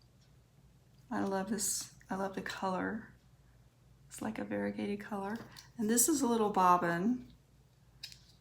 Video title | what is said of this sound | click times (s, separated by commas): Flosstube #47 A FFO, WIPs, Crochet, Another Stitchy Border Meltdown | that just snaps out. | 8.0 s